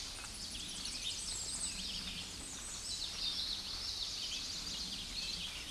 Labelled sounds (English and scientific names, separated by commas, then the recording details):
Common Yellowthroat (Geothlypis trichas) song
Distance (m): 45 m
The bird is about 10 m below the microphone
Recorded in a Pennsylvania forest on 16 May 2024 at 07:12
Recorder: AudioMoth, point MSD-1401
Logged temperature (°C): 16.4 °C
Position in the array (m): 33 m, 150 m